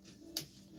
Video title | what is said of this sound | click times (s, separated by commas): Fang's Garage is live and Amie is here! | There it is. just had to apply some downward pressure and I heard that little snap of a screw being released from a piece of plastic. | 0.4 s